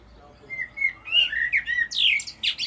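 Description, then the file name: Common blackbird singing a short phrase: slurred whistles rising gently, then a burst of thin, high, scratchy twittering notes. "Turdus merula"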